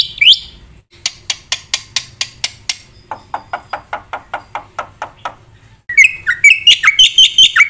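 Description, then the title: Black-winged myna song: a short whistle, a rapid series of sharp notes, then loud whistled chattering. Known locally as jalak putih; energetic, full-fill fast song used as bait and master recording for training other songbirds. "Burung Jalak Putih Gacor Full Isian Cepat Untuk PANCINGAN Dan MASTERAN"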